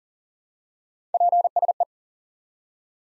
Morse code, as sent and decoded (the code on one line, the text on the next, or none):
.--. ... .
PSE